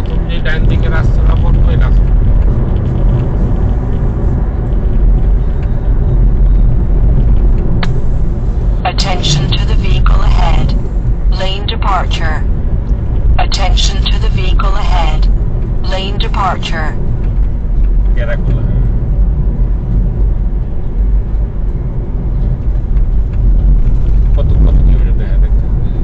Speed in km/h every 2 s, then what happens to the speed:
85, 84, 76, 67, 65, 59, 60, 56, 54, 53, 53, 54, 55.
2-17 slows to 53. 17-26 steady at about 53.